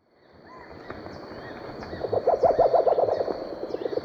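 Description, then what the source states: Band-bellied owl hooting: a short, quick run of low pulsed hoots, with faint higher bird chirps and background hiss. Recorded in Ecuador.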